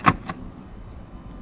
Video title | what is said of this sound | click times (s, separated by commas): 87-90.mp4 | Now that thing goes down and locks in place. | 0.1 s